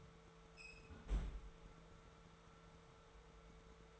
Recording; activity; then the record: daily activity, microphone in the room; close fridge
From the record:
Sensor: 3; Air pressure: 1014.8 hPa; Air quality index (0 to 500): 196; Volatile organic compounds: 26 ppm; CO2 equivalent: 2872 ppm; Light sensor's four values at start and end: 11/28/11/12 and 11/28/11/12